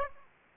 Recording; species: mosquito wingbeat signal from an infrared sensor; Aedes aegypti